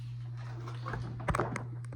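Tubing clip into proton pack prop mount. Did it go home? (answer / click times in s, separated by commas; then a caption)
no / none. A tubing clip on a prop proton pack hose is handled against its plastic mount on the pack over a steady low hum, with soft rustling and then a few sharp, brief taps and ticks around 1.3 to 1.6 seconds. Nothing has seated or clicked into place yet.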